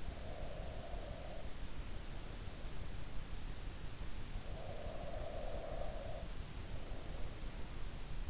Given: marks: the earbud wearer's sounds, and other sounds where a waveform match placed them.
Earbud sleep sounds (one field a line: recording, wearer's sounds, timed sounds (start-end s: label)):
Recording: sounds in sleep by an in-ear microphone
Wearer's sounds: breath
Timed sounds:
0.00-1.94 s: breath
4.57-6.17 s: breath